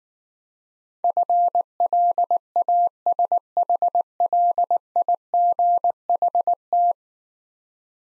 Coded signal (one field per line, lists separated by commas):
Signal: Morse code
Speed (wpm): 19 wpm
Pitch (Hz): 700 Hz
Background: none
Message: FLASHLIGHT